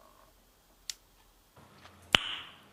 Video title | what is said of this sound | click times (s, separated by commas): Customizing a Miniature Horse Rider Doll! - Schleich Horse Scale Repaint + Clothes Tutorial | and I want you to listen to the sound when the wig just snaps in place | 0.9 s, 2.1 s